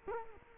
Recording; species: mosquito wingbeat signal from an infrared sensor; Culex quinquefasciatus